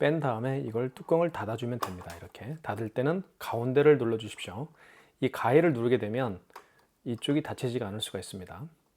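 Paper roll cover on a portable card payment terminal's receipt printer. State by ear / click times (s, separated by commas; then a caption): not seated / none. Someone talks while handling the plastic receipt-paper roll cover on the receipt printer of a KIS-CBP2200 Bluetooth portable card payment terminal, about to close it by pressing its centre. Nothing has seated or clicked yet; the cover has not snapped shut by the end of the clip.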